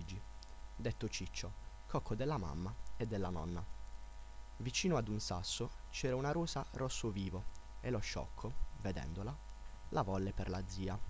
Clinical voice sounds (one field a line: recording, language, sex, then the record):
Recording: read passage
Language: Italian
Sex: male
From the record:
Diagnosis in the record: healthy control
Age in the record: 19 years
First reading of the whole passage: 46 s, 11.4 characters per second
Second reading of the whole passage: 54 s, 9.6 characters per second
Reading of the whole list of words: 54 s, 5.2 characters per second